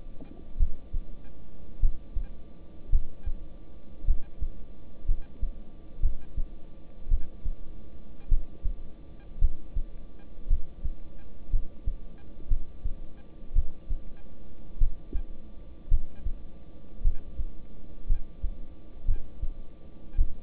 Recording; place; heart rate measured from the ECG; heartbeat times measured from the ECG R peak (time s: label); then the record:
heart sounds by stethoscope; between the tricuspid and mitral areas; 55 bpm
0.58 s: heartbeat
1.80 s: heartbeat
2.90 s: heartbeat
4.05 s: heartbeat
5.06 s: heartbeat
6.01 s: heartbeat
7.09 s: heartbeat
8.29 s: heartbeat
9.39 s: heartbeat
10.48 s: heartbeat
11.51 s: heartbeat
12.48 s: heartbeat
13.53 s: heartbeat
14.78 s: heartbeat
15.89 s: heartbeat
17.02 s: heartbeat
18.07 s: heartbeat
19.06 s: heartbeat
20.16 s: heartbeat
From the record:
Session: rest, lying down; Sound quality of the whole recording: good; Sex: male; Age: 26 years